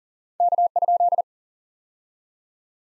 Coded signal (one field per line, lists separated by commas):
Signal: Morse code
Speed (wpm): 38 wpm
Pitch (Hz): 700 Hz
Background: none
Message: K?